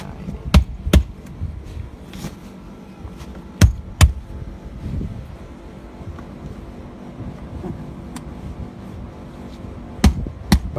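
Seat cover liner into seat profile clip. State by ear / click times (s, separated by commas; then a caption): seated / 0.5 s, 0.9 s, 3.6 s, 4.0 s, 10.0 s, 10.5 s. A car seat cover's liner strip is pushed into the plastic profile or clip channel on the car seat. It snaps in with sharp clicks at 0.5, 0.9, 3.6, 4.0, 10.0 and 10.5 seconds over a low background rumble. The liner is seated in the profile.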